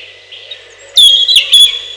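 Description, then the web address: European robin singing one short phrase of high pure whistles broken by a quick twitter, under a second long. "relax birds малиновка"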